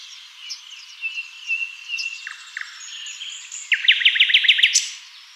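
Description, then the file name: Common nightingale song: soft drawn whistles, then a loud, rapid string of about seven identical sharp notes, ending in a high slur. "Luscinia megarhynchos"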